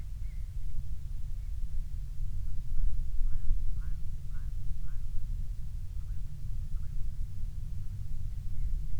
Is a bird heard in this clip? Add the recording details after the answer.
yes. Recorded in the Prudhoe Bay oil fields, Alaska, on 12 July 2019 at 03:01. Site 16